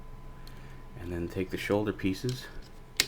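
Someone talks while picking up the plastic shoulder pieces of a FansProject City Commander upgrade for a Classics Ultra Magnus toy robot; each piece has a tab meant to lock into a groove on the robot's shoulder. Faint handling noise is heard, with a light tick at 0.5 s and a sharp tick at 3.0 s. Nothing has seated or clicked yet; the shoulder pieces are not yet locked on.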